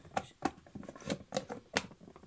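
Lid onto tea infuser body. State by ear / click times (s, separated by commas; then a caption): not seated / none. A plastic lid is handled on top of a tea infuser body, producing a series of short, sharp plastic taps and clicks as it is positioned. The lid is being set on before being pressed down, and nothing has seated or clicked into place yet.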